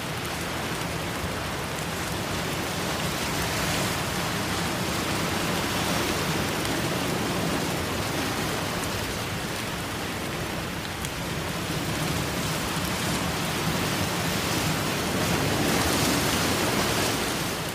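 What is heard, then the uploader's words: Steady, dense rain falls, a continuous hiss that fills everything from low rumble to bright crackle. The level swells gently a few times, around six and again near sixteen seconds, like surges of wind or surf, with a low rumbling beneath throughout. Rain & Storm Sounds With Ocean Waves Crashing.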